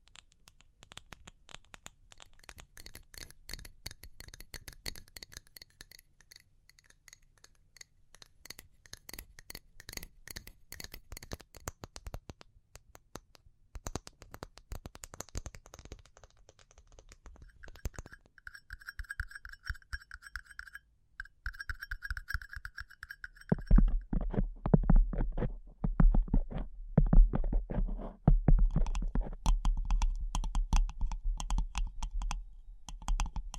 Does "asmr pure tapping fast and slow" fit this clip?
yes